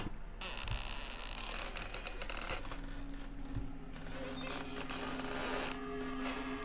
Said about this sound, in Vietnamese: Thi thể ở trước mắt không thấy đâu nữa, mà hắn thấy cánh cửa gỗ trong căn phòng đó đang từ từ đưa qua đưa lại, kêu lên những tiếng ken két.